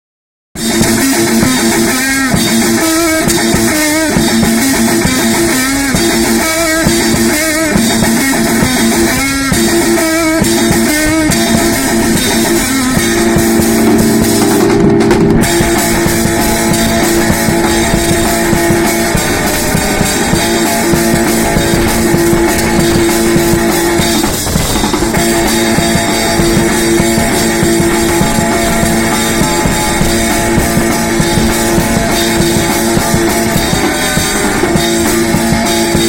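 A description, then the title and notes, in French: Ambience on the Praça do Comércio in Lisbon: a dense, steady wash of sound that stays loud throughout. A low pitched tone runs underneath, pulsing rhythmically in the first dozen seconds, then holding longer steady notes later on. A brief sharp knock lands around fifteen seconds. Ambiance sur la Praça do Comércio (Lisbonne). C'était en mars ou en avril 2016 à Lisbonne et il y avait du soleil.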